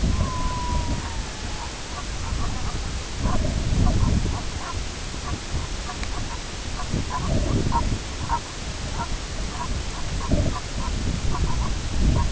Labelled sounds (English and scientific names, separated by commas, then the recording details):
Red-throated Loon (Gavia stellata), unidentified sound
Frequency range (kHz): Red-throated Loon (Gavia stellata) 0.7-2.3 kHz
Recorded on Arctic tundra, site IGLO-B, on 21 June 2018
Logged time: 07:59